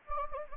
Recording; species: mosquito wingbeat signal from an infrared sensor; Anopheles gambiae